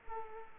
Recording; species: mosquito wingbeat signal from an infrared sensor; Culex quinquefasciatus